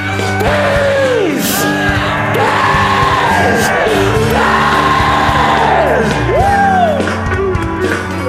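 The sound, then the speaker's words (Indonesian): A large concert crowd in Bali, Indonesia, yells "Bali" in unison several times, the loud voices rising and falling in long drawn-out swells over a steady backing of music. “Pengen sekali lagi teriak Bali.”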